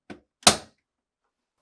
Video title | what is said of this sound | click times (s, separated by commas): How to replace Air Tower part # WR17X35668 on your GE Refrigerator | next align the tabs on the screw cover to the retaining slots in the air Tower and press until it snaps back into place | 0.5 s